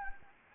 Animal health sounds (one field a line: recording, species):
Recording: mosquito wingbeat signal from an infrared sensor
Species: Anopheles gambiae